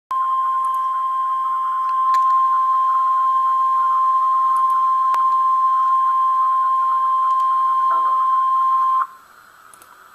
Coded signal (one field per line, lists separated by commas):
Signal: Emergency Alert System (SAME) tones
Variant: 1050 Hz attention tone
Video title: Tornado Watch #109 (EAS #329)